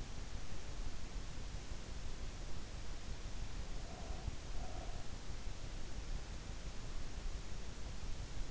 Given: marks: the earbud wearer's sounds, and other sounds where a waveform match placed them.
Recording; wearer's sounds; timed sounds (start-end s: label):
sounds in sleep by an in-ear microphone; breath
3.86-5.09 s: breath